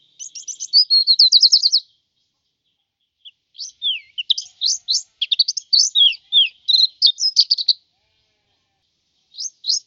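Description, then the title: White-eye singing a quick run of high notes, then a varied jumble of slurred chirps and twitters, with a last short burst. "Suara burung pleci"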